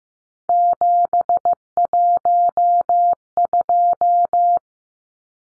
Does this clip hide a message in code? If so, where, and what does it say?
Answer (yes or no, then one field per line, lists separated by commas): yes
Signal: Morse code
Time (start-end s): 0.5-4.6 s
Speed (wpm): 14 wpm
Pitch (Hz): 700 Hz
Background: none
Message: 712